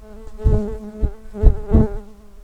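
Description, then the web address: Common carder bee buzzing, a low droning hum with rich overtones that swells into several louder bursts. Workers. "bumblebees Pascuorum-workers"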